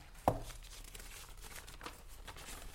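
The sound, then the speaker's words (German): Someone rummages through a handbag holding gloves, a wallet, a comb, keys and a powder compact: a sharp clack at the start, then quiet crinkling, rustling and soft knocks of small objects being shifted around, with no voices. “Ihre Handtasche her! Nein, nein, was? Sitzen bleiben! Handschuhe, Geldtasche, Kamm, Schlüssel, Puderdose.”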